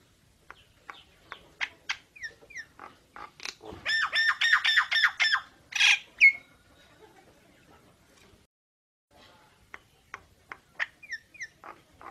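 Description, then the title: Nias hill myna song of sharp clicks and short whistles, then a loud burst of rapid harsh chattering notes, a squawk, and sparse clicks again. Energetic 'gacor' singing with a very loud 'super gledek' voice, used as master material for tutoring songbirds. "Burung Jalak Nias Gacor Suara Super Gledek Untuk Masteran"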